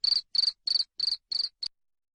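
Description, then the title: Cricket, six quick high chirps in under two seconds, followed by silence. Loud cricket chirping played to make lovebirds sing (ngekek) continuously. "Suara JANGKRIK NGERIK Keras Bikin LOVEBIRD Jadi NGEKEK Terus Vubey"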